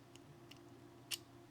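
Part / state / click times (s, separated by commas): screwdriver bit into quick-release bit holder / not seated / none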